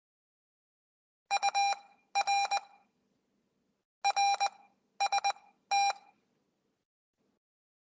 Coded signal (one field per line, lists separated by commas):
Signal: Morse code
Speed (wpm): 20 wpm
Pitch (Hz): 810 Hz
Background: none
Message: UR RST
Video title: The seventh COOL CW Practice aired on the 10th Oct 2024